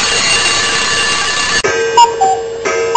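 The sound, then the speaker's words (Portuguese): An alarm clock rings as a wake-up call on the radio program Clube do Caipirão, a continuous loud, bright, buzzing metallic clatter that briefly breaks off and resumes, with a few higher tonal chirps mixed in partway through. “Acorda, compadre, tá na hora de acordar.”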